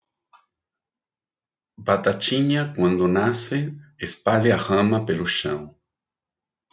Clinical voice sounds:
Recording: short text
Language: Brazilian Portuguese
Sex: male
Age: 50 to 59 years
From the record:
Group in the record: control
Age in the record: 57 years

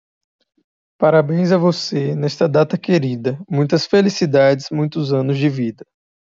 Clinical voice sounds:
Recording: short text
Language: Brazilian Portuguese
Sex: male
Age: 20 to 29 years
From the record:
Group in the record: control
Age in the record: 21 years

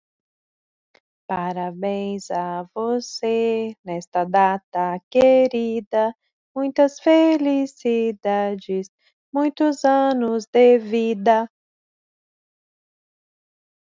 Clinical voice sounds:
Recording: short text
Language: Brazilian Portuguese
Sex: female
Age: 40 to 49 years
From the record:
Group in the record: control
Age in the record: 43 years

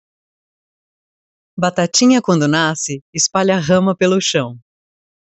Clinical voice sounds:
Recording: short text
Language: Brazilian Portuguese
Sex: female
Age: 30 to 39 years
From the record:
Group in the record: control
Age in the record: 30 years

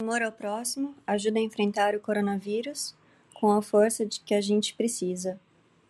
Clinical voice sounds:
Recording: spoken sentence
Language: Brazilian Portuguese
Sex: female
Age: 30 to 39 years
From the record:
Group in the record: control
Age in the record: 32 years

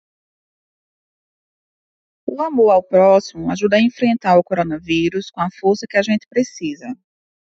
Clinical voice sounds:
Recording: spoken sentence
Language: Brazilian Portuguese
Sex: female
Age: 30 to 39 years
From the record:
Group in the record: control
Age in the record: 37 years

